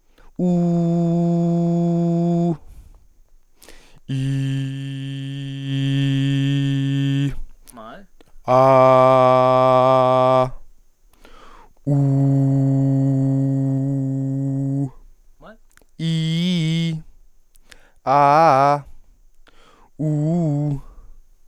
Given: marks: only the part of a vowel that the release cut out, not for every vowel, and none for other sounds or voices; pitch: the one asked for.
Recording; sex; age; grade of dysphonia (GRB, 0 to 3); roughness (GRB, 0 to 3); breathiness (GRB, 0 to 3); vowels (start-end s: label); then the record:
sustained vowels; male; 20 to 29 years; 0; 0; 0
0.57-2.41 s: vowel /u/, high pitch
5.72-7.12 s: vowel /i/, low pitch
8.67-10.23 s: vowel /a/, low pitch
12.67-14.70 s: vowel /u/, low pitch
16.06-16.89 s: vowel /i/, low-high-low pitch
18.11-18.72 s: vowel /a/, low-high-low pitch
20.02-20.70 s: vowel /u/, low-high-low pitch
From the record:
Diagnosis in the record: healthy voice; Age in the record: 23 years